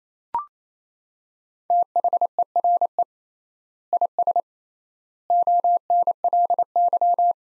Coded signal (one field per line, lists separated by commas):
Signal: Morse code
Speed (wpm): 28 wpm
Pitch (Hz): 700 Hz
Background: none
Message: THERE IS ONLY